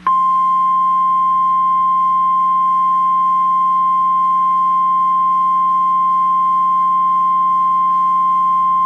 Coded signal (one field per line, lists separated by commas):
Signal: Emergency Alert System (SAME) tones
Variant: 1050 Hz attention tone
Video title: Real EAS #547 - Tropical Storm Watch